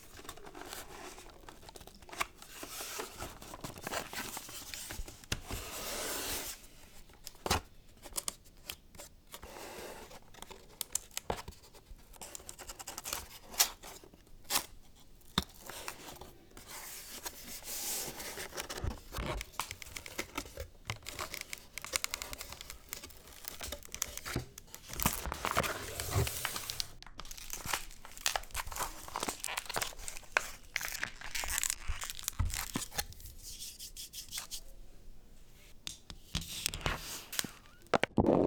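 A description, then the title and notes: A spool is unwrapped, with dense, irregular crinkling and crackling that runs almost without pause for the whole stretch. Sharp snaps and tearing bursts punctuate it every second or so, bright and crisp. ASMR - Spool Unwrapped.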